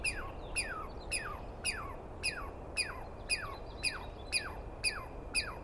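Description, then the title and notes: Douglas squirrel delivering evenly spaced, sliding screeches that drop sharply in pitch, nearly two per second, with soft background rumble. Squirrel screaming at length at dawn on 21 April 2017 in the East Cascades; identified by its sound, not seen well. "Interview With The Chipmunk. On the morning of 21 April, 2017, I set up my microphones and recorder for a nice dawn recording in the East Cascades. I was started awake by a screaming Douglas Pine Squirrel"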